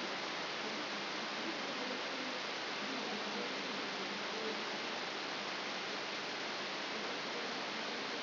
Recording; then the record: brain microelectrode recording played as sound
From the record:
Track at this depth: outside the subthalamic nucleus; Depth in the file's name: 5.901 mm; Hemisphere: left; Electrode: 3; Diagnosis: Parkinson's disease